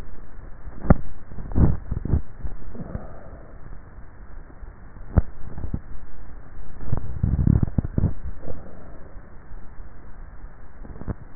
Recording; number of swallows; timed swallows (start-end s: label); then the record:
swallowing sounds by neck microphone; 2
1.20-2.45 s: swallow
7.33-8.27 s: swallow
From the record:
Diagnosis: dysphagia